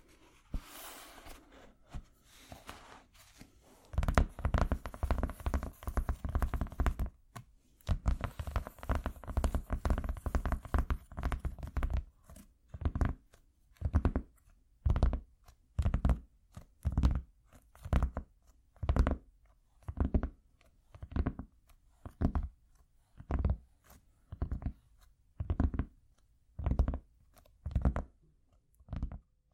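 Cork being handled: a few light clicks and scrapes, then from about four seconds a dense stretch of rubbing and squeaking. After twelve seconds it settles into regular, evenly spaced rubbing strokes, roughly one per second, low and full-bodied, until the end.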